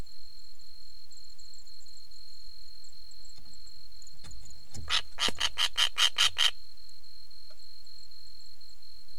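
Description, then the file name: Letter-winged kite giving a fast series of several harsh, rasping notes in a burst lasting under two seconds, over a steady high-pitched whine. "Elanus Scriptus"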